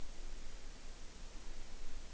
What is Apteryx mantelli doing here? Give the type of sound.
female call